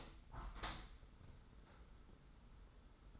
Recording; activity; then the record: daily activity, microphone in the room; open window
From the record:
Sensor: 3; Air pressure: 991.3 hPa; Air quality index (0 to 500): 131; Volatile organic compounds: 180 ppm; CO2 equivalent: 4145 ppm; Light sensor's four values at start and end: 49/134/54/48 and 49/134/55/48